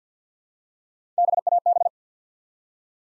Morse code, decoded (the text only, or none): BAB